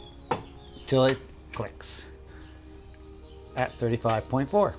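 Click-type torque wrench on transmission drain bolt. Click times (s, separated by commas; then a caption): 0.3 s. A 1/2 inch click-type torque wrench tightens the steel automatic transmission drain bolt on a 2016–2017 Kia Sorento to 35.4 ft-lbs during a fluid drain and fill. The wrench gives a single sharp click at 0.3 s, and someone talks before and after it. The click confirms the bolt has reached its 35.4 ft-lbs torque setting.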